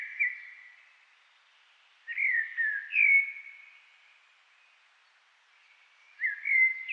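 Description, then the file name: Common blackbird song: mellow fluted phrases with slurred whistles, three phrases separated by pauses, quiet background. "Turdus merula"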